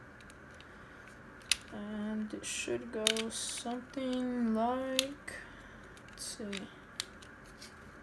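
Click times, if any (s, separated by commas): 7.0 s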